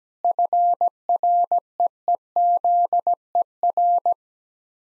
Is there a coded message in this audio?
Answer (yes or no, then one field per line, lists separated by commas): yes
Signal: Morse code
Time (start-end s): 0.2-4.1 s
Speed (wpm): 17 wpm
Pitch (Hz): 700 Hz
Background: none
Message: FREEZER